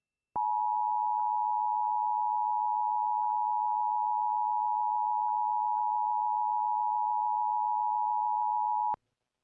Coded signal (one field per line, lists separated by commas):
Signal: Emergency Alert System (SAME) tones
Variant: 853 and 960 Hz attention tone